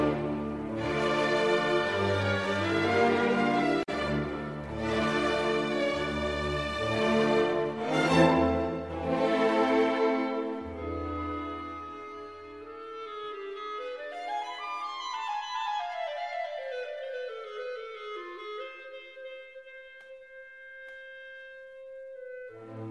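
Warm instrumental music plays with full, bright chords and a low bass pulse over the first ten seconds, swelling in loose waves. Afterward the bass drops out and a single lead line glides upward and back down around fifteen seconds, thinning into quieter sustained notes near the end.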